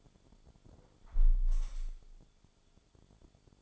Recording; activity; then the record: daily activity, microphone in the room; close window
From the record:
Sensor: 5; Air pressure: 1015.0 hPa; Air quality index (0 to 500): 99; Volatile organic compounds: 2 ppm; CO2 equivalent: 1066 ppm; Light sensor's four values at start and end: 35/80/32/31 and 35/80/32/31